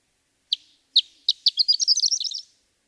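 Horned lark song phrase: three spaced high notes that speed up into a sweet, tinkling, tumbling run ending after about two seconds.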